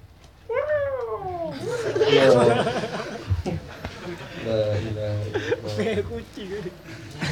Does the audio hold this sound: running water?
no